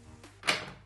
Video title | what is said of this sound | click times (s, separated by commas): DELL S2721DGF - כל גיימר צריך מסך כזה! | לחבר את זה ולשמוע קליק. תשמעו את זה. | 0.5 s